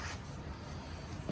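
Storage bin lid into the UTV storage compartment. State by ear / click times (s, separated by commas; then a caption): not seated / none. The storage bin lid of a 2022 CFMOTO UForce 600 UTV is handled over its under-seat or under-floor storage compartment, with a steady low rumble and a brief louder bump near 1.3 seconds. The lid has not yet been dropped into place, and nothing has seated or clicked yet.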